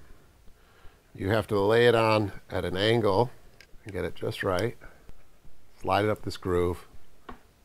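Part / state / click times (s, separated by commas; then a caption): SD memory card into time lapse camera card slot / seated / 7.3 s. An SD memory card is laid at an angle and slid up the groove of the card slot on an AFIDUS 200s time lapse camera while someone talks. A sharp click sounds at 7.3 s as the card seats in the slot.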